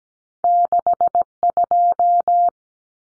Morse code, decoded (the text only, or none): 62